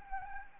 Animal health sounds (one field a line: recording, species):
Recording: mosquito wingbeat signal from an infrared sensor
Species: Anopheles arabiensis